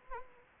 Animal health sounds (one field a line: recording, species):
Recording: mosquito wingbeat signal from an infrared sensor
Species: Anopheles gambiae